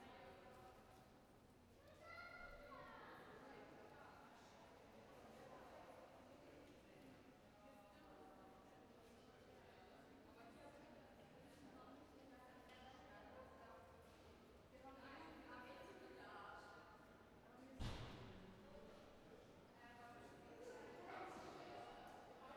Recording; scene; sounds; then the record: everyday scene through a hearing-aid microphone; reverberant space; background noise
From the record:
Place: railway station hall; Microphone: behind the ear, right, rear